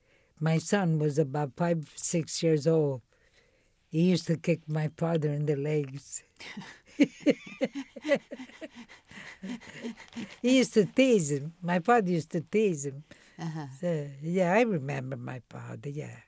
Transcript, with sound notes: My son was about five, six years old. He used to kick my father in the legs. (laughs) He used to tease him, my father used to tease him. Yeah, I remember my father, yeah.